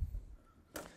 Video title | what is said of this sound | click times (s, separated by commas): Grow Daddy Grow Box Basic Setup | so that it locks into place | 0.8 s